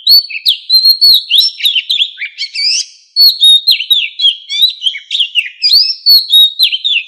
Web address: tieng chim Chich Choe. tieng chich choe lua hot keu bay moi